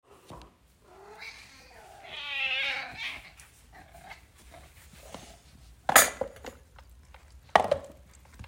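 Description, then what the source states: Domestic cat giving one drawn-out, wavering meow early on, then two sharp knocks near the end. Cats meowing, in summer 2023.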